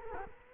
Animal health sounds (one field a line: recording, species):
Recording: mosquito wingbeat signal from an infrared sensor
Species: Culex quinquefasciatus